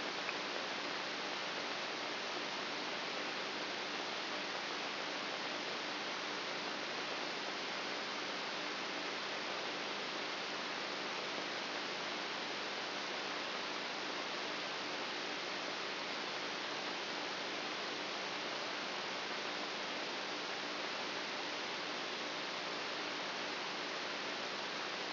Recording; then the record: brain microelectrode recording played as sound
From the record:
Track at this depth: outside the subthalamic nucleus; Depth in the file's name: 7.24 mm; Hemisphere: right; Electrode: 2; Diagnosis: Parkinson's disease